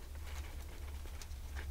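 A 3D-printed plastic strain relief clip holding the coax cable of a Fara J antenna is handled as it is pushed toward its fixture. Low rumble and soft patter-like handling noise are heard, with brief sharp sounds at about 1.2 and 1.6 seconds. The clip has not seated or clicked in yet.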